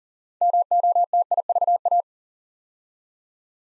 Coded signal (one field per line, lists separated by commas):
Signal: Morse code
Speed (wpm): 40 wpm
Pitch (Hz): 700 Hz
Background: none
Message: MOTIVA